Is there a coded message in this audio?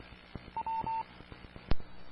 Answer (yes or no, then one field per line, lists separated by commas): no